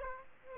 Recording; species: mosquito wingbeat signal from an infrared sensor; Aedes aegypti